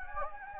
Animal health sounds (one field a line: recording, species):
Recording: mosquito wingbeat signal from an infrared sensor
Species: Anopheles gambiae